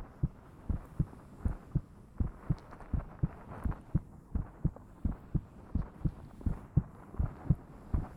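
A normal adult heartbeat heard close to the chest, as if with the head pressed against the chest, meant to relax the listener (ASMR).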